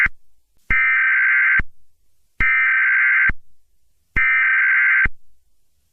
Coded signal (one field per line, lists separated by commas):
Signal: Emergency Alert System (SAME) tones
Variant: header bursts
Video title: EAS: Colored Rain